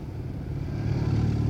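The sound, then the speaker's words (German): Cars drive past with a low, steady engine rumble that swells slightly louder as it goes, a continuous traffic drone with no voices. “Pass auf, die Autos, George.”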